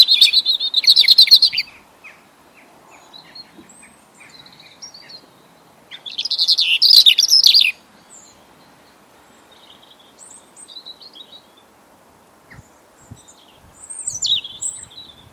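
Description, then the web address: European robin song in separate bursts of rich, jumbled high warbling, each lasting about two seconds with long pauses between, and a softer phrase near the end. "Deverinetal 2025 File origin Bird Only Er Ru"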